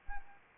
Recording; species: mosquito wingbeat signal from an infrared sensor; Anopheles arabiensis